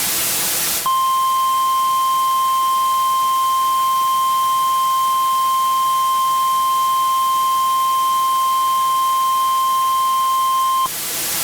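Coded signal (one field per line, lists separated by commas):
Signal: Emergency Alert System (SAME) tones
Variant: 1050 Hz attention tone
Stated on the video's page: Mock tornado emergency alert, not a real broadcast.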